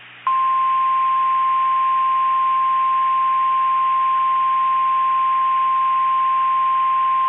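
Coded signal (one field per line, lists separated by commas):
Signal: Emergency Alert System (SAME) tones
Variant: 1050 Hz attention tone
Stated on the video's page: Fictional tsunami and earthquake alert scenario for the Oregon coast.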